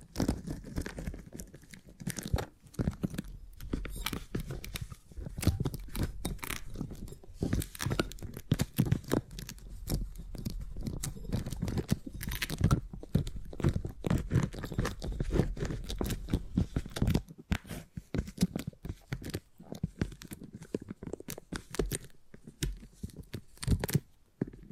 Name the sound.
Brain Tingly Sounds Using Beeswax